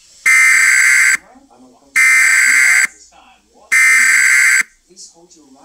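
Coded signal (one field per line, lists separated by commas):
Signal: Emergency Alert System (SAME) tones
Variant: header bursts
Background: speech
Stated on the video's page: Fictional EAS scenario, a made-up child abduction alert.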